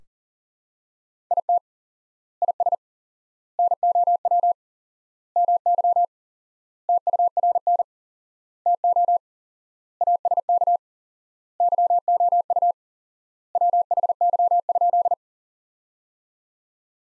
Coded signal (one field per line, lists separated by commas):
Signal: Morse code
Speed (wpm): 40 wpm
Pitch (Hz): 700 Hz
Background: none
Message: IT IS NOW MY TURN TO ASK YOU WHY?